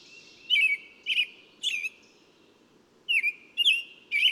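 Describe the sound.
Bird song: short bright chirped notes given in two bursts of three with a pause between, over a faint low background hum.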